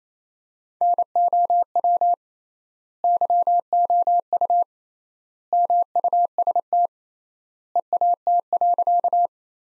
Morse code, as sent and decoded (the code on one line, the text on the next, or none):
-. --- .-- / -.-- --- ..- / -- ..- ... - / . .- - .-.-.-
NOW YOU MUST EAT.